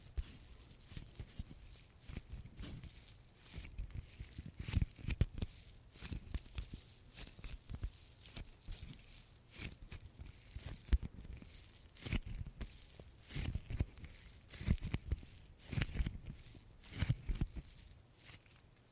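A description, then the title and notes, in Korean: A card wallet is handled, with irregular taps, clicks and soft rustles scattered throughout and brief busier bursts near five and seventeen seconds. 카드 지갑 소리 card wallet sounds. 빈폴, 헤지스 카드 지갑.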